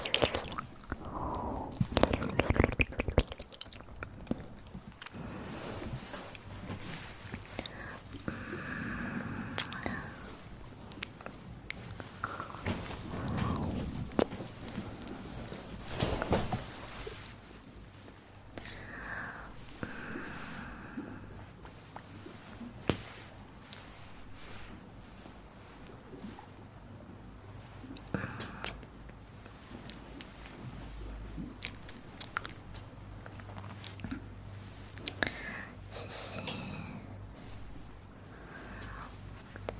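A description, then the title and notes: Breathy ear triggers: soft, airy breaths and whispery puffs come in clusters, heaviest in the first seventeen seconds, then thinning out. Scattered crisp clicks and brushing contacts punctuate the breaths, with a faint low hum underneath throughout. Ear Breathy Triggers.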